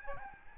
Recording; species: mosquito wingbeat signal from an infrared sensor; Aedes albopictus